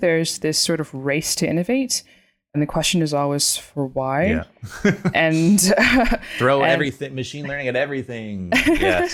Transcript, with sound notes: There's this sort of race to innovate. And the question is always for why? [laugh]
Throw machine learning at everything. [laugh] Yes.